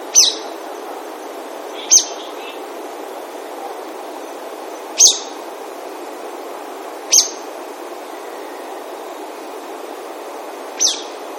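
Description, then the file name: Brown-eared bulbul calls: five sharp, piercing, very brief high notes spaced irregularly, against faint background hiss. "hiyo"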